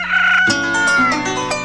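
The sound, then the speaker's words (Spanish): A single loud rooster crow, a drawn-out, strained call with a bright, harmonic tone that rises and then wavers as it trails off, heard on its own with no talking. “Más claro, no canta un gallo.”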